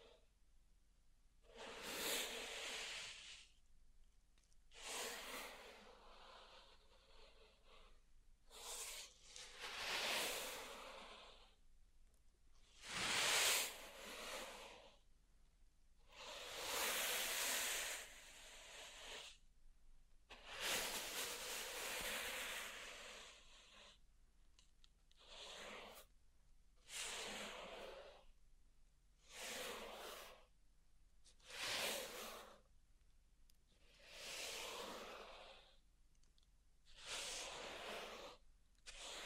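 Pink salt in a zen garden gives off bright, gritty hissing scrapes, each a second or two long, with short quiet gaps between. Longer, louder sweeps come around 10 to 21 seconds; after that the strokes turn shorter and more regular.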